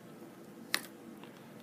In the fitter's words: you hear the snap not quite as strong as the snap on this knife here but still a very strong snap